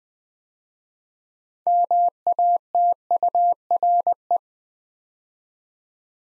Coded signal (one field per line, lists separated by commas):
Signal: Morse code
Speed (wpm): 21 wpm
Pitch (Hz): 700 Hz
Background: none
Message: MATURE